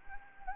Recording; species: mosquito wingbeat signal from an infrared sensor; Anopheles gambiae